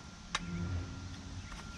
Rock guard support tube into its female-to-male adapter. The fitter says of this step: female to male adapter it'll just conjure in like that you heard a little click